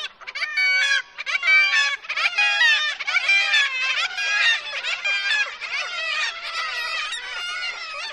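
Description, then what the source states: Black-legged kittiwake colony in full cry, many harsh bending nasal calls overlapping continuously, growing somewhat softer in the second half. Breeding colony at Dunbar Harbour, Scotland, breeding season; nests built in an old stone wall; paired parents of chicks calling to communicate and socialize.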